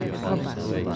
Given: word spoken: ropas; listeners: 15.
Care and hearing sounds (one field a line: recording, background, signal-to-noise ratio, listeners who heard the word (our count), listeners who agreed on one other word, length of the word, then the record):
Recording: one Spanish word in noise, from a listening test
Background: eight-talker babble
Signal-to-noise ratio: -3.0 dB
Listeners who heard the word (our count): 3 of 15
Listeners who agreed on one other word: 6 of 15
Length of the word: 0.56 s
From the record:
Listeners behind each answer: 6, 3, 1, 1, 1, 1, 1, 1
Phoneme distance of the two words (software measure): 10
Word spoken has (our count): 2 syllables, 5 phonemes, stress on syllable 1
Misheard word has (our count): 2 syllables, 5 phonemes, stress on syllable 1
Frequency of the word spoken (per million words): 14.15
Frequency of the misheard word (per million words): 17.10